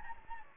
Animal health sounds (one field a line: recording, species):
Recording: mosquito wingbeat signal from an infrared sensor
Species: Anopheles gambiae